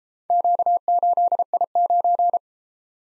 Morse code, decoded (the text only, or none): Q8I9